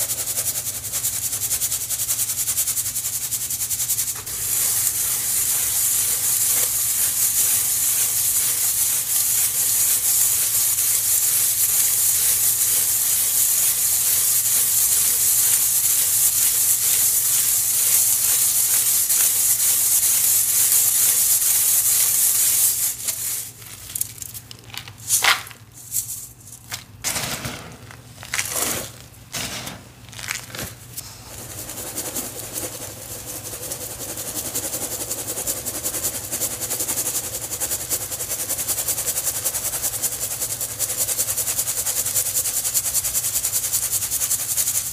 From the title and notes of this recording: Sifting and powder play in my matcha mix. ASMR soothing sounds of sifting and powder play.